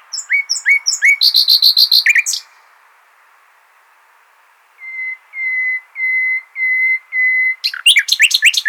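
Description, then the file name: Common nightingale song: a rapid rattling phrase, a pause, then five drawn-out level whistles in slow succession before another quick burst of notes. "Luscinia megarhynchos"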